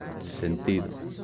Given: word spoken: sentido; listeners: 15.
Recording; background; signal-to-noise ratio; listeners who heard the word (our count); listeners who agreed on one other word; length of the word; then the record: one Spanish word in noise, from a listening test; eight-talker babble; 6.8 dB; 5 of 15; 10 of 15; 0.84 s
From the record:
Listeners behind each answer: 10, 5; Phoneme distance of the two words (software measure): 17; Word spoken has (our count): 3 syllables, 7 phonemes, stress on syllable 2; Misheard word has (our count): 2 syllables, 6 phonemes, stress on syllable 2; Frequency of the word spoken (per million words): 311.74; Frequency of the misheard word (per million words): 56.25